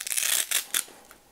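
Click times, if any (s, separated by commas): 0.8 s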